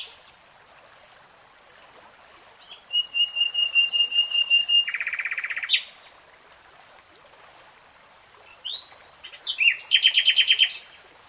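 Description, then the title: Nightingale song: a steady series of rapid clicking notes, then a dense buzzy rattle, a pause, and a final burst of fast repeated notes. Nightingale singing, recorded in real time. "[Tiếng chim hót] Nightingale Singing"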